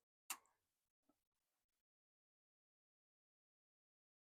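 The stock resolver cable plug for a motor position sensor is pushed into the matching connector on a Toyota Highlander motor, fitting because the Camry and Highlander use the same plug type. A sharp click at 0.3 s is followed by a faint tick around 1.1 s, then silence. The plug is seated.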